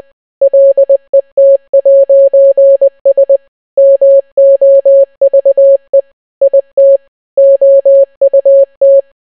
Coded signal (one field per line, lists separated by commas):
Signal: Morse code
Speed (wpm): 20 wpm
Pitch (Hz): 550 Hz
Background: none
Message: LET'S MOVE IT OUT